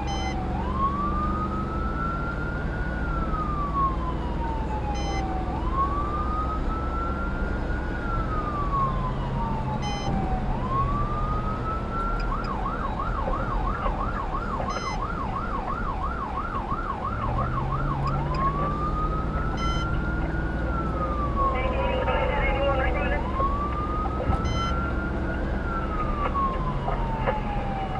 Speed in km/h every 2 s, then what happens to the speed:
71, 74, 82, 87, 90, 92, 87, 74, 68, 72, 79, 85, 90, 92.
0-10 speeds up to 92. 10-15 brakes to 68. 17-28 speeds up to 92.